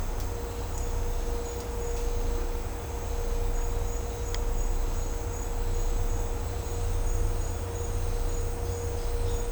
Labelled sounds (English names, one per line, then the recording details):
none
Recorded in dense forest near Puerto Asís, Putumayo, Colombia, on 20 December 2024 at 11:30
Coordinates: 0.503, -76.323
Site G043